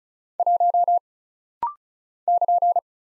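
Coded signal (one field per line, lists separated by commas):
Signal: Morse code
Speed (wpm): 36 wpm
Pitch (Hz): 700 Hz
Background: none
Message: 1 <KN>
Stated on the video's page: Rapid-fire Morse drill of single letters, numbers, punctuation and prosigns at 35 wpm for instant character recognition.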